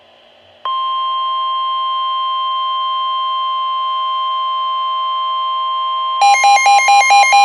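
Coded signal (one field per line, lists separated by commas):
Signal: Emergency Alert System (SAME) tones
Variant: 1050 Hz attention tone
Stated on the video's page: River flood warning received on two NOAA Weather Radio stations.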